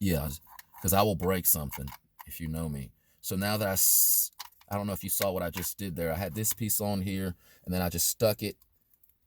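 Someone talks throughout while handling a plastic arm piece of a RIZM car dash phone and camera mount, about to push it into a small hole on the dash mount base. A few faint, short ticks sound near the end, but nothing has seated or clicked yet.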